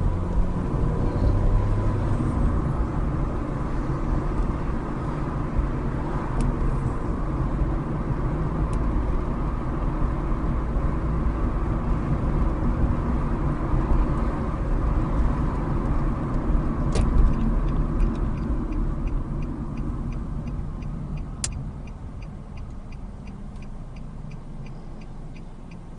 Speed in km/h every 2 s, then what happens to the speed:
50, 50, 48, 48, 53, 56, 56, 53, 42, 26, 10, 0, 0.
0-7 steady at about 48. 7-10 speeds up to 56. 10-22 brakes to 0. 22-26 standing.